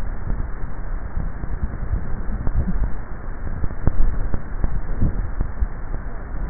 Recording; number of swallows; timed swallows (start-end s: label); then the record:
swallowing sounds by neck microphone; 1
4.15-4.85 s: swallow
From the record:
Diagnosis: dysphagia